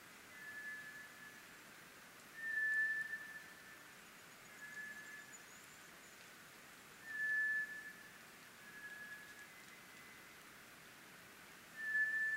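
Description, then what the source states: White's thrush song: thin, drawn-out, even whistles, each about half a second, alternating slightly in pitch and spaced a few seconds apart over a quiet background hiss. Recorded 24 April 2010 at 04:32.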